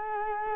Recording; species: mosquito wingbeat signal from an infrared sensor; Culex quinquefasciatus